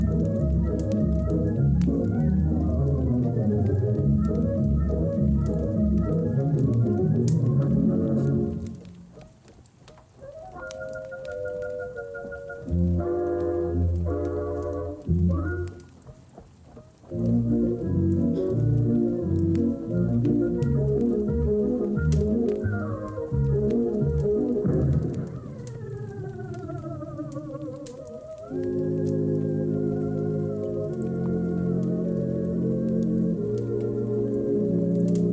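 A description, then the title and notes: Oldies music plays muffled from another room, with its bass and middle tones carrying through and its highs dulled. The music thins out briefly near 9 and 15 seconds, and the pitch bends and warbles around 25 seconds. A faint steady hiss runs throughout. Disney oldies playing in another room.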